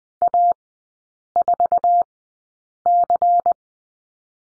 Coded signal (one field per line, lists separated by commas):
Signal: Morse code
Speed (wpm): 20 wpm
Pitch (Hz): 700 Hz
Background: none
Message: A4C